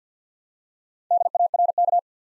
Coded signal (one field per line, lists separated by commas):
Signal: Morse code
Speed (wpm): 48 wpm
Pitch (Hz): 700 Hz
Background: none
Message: DARK